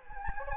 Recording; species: mosquito wingbeat signal from an infrared sensor; Anopheles gambiae